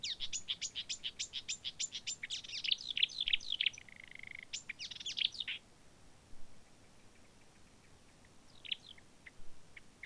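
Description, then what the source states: Marsh warbler giving a fast series of repeated high ticks, then a varied phrase with a short drawn note, before quiet with a few scattered chips. Recorded on 25 June 2020.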